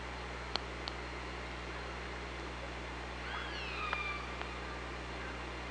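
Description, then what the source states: Killer whale call: a curving harmonic tone that bends down and flattens, with a few sharp clicks before and during it over continuous low hum. Recorded on an OrcaLab hydrophone on 24 August 2017 at 05:47.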